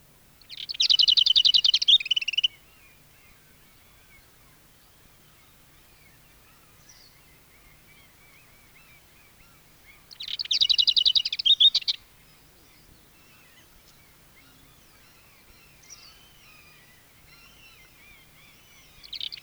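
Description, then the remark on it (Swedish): A lesser whitethroat sings two loud, dry rattling bursts about two seconds long, separated by a pause filled with soft, scratchy twittering. “Nu följer ärtsångare.”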